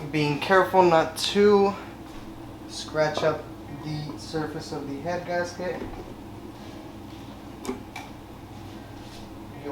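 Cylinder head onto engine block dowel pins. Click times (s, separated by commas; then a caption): 7.6 s, 8.0 s. Someone talks while a cast cylinder head for a 289 engine build is lowered onto the engine block's dowel pins over a new head gasket, taking care not to scratch the gasket surface. Two short knocks at 7.7 s and 8.0 s mark the head dropping into place and seating on the dowel pins.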